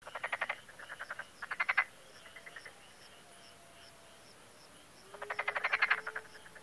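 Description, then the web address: Frog croaking: rapid bursts of raspy pulsed notes, each burst of several pulses, mostly separated by short pauses and once by a pause of a few seconds, over a soft background hiss. "takarabako sound no 5 frog"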